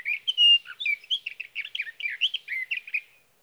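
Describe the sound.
Sage thrasher singing a rapid, continuous jumble of warbling notes, buzzy and whistled phrases tumbling together for around three seconds.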